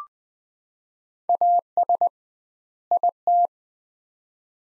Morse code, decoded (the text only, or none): AS IT